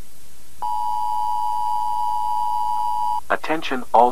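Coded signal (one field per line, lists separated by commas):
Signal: Emergency Alert System (SAME) tones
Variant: 853 and 960 Hz attention tone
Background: speech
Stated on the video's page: Fictional EAS scenario, a simulated alert.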